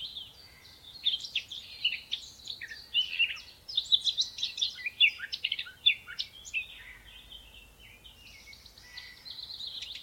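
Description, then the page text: Eurasian blackcap singing a rapid, varied warble, loudest in the middle and softer toward the end, with faint background hiss. "Eurasian Blackcap Song,Munk Sang,Черноголовая славка. knut the bird nerd"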